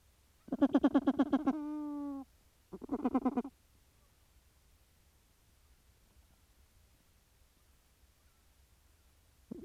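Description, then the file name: Grey petrel calls: a harsh pulsed burst that runs into a long steady moan, then a second short pulsed burst, with quiet gaps between. "Philippe Lambret - P trel gris"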